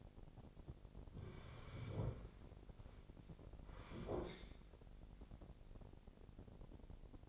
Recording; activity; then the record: daily activity, microphone in the room; sit down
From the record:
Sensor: 5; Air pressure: 1009.4 hPa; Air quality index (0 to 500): 154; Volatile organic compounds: 2 ppm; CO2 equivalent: 1182 ppm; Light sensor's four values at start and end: 282/673/288/317 and 283/675/289/317